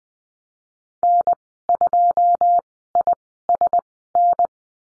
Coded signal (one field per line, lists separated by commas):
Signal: Morse code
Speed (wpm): 20 wpm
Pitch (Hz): 700 Hz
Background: none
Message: N2ISN